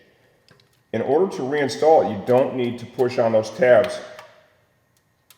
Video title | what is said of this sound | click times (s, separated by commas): Yamaha R3 NGK Spark Plug Install - Sportbike Track Gear | slide it over. You're going to hear a good positive click. | 5.3 s